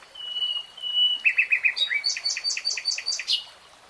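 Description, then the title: Nightingale song: a long pure whistle followed by a series of rich, bubbling repeated notes. Nightingale singing in real time. "[Tiếng chim hót] 3 Hours REALTIME Nightingale Singing"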